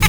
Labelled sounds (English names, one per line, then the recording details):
Zebra Finch hat call
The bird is a male
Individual mal5